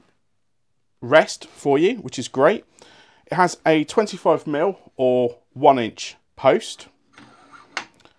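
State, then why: Seated. Someone talks about the 25 mm (1 inch) tool rest post of a Record Power Coronet Herald lathe, then sets it in the solid cast iron banjo and gives the locking handle a short turn. A sharp metallic knock at 7.8 s marks the post locking in place easily.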